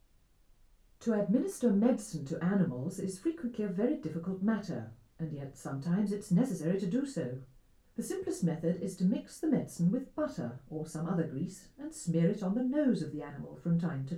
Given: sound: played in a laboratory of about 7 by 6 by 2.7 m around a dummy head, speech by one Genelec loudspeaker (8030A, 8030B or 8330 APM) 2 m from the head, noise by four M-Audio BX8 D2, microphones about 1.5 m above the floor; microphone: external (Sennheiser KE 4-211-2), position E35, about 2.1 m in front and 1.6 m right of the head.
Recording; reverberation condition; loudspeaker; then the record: female speech in English; low; 60 degrees to the right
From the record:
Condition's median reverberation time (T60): about 310 ms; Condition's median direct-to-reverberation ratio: about 3.5 dB